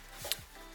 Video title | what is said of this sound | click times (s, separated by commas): DIY $0.35 LED UPGRADE ON MY JZX90 Mark II | and you're you're going to be able to hear a click | 0.3 s